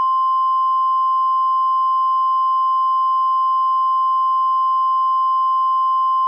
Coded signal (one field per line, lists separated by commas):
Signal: Emergency Alert System (SAME) tones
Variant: 1050 Hz attention tone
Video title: EAS Scenario - The Wildcard of Nature (REMASTERED)